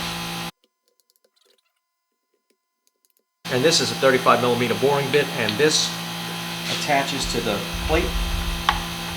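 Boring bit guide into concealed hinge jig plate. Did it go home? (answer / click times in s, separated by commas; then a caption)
yes / 8.7 s. A 35 mm boring bit guide is fitted onto a concealed hinge jig plate and twisted until it locks, while someone talks. After a near-silent gap from about 0.5 to 3.4 seconds, a single sharp tick is heard at 8.7 seconds as the guide seats and locks in place.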